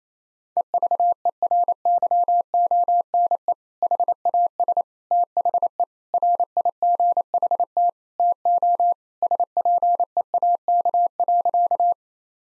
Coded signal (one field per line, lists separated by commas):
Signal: Morse code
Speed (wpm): 27 wpm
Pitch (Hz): 700 Hz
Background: none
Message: EVERYONE HAS THE RIGHT TO SPEAK.